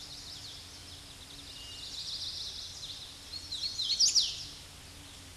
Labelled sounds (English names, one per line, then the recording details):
Hooded Warbler song
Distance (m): 15 m
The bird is about level with the microphone
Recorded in a Pennsylvania forest on 16 May 2024 at 08:08
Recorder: AudioMoth, point MSD-2164
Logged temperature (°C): 15.8 °C
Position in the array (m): 177 m, 83 m